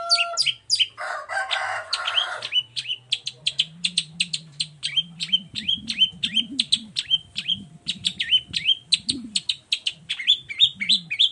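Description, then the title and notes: Long-tailed shrike song: a long series of sharp, downslurred high notes repeated rapidly, briefly broken by a noisy rasping burst near the start, over a low droning hum. Shrike recorded in the morning, singing varied 'toet toet' phrases; used as a lure to provoke other shrikes into answering. "Cendet Gacor Dor Di Kala Pagi Toet Toet Variasi Suara. Pancingan Emosi Cendet Gacor Full Variasi Toet Toet Bikin Nyaut Cendet Lain Langsung Ikutan Bunyi. Burung cendet"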